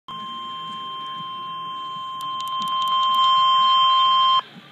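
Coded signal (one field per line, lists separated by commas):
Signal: Emergency Alert System (SAME) tones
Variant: 1050 Hz attention tone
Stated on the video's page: Severe Thunderstorm Warning relayed by NOAA Weather Radio station KIH-35 Pittsburgh, issued by the National Weather Service Pittsburgh.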